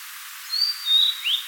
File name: Cyanoptila cyanomelana